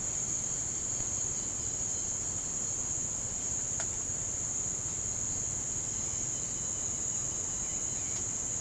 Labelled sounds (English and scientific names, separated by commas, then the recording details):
none
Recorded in pastures near Puerto Asís, Putumayo, Colombia, on 30 June 2025 at 07:30
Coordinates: 0.472, -76.331
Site G095